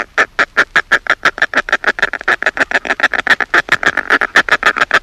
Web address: northern fulmar